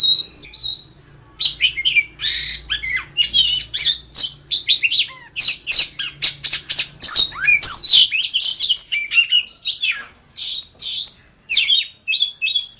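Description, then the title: Oriental magpie-robin song opening with a rising whistle, then a long run of rapid harsh and musical notes, with a faint low hum in the background through the first part. "Kacer"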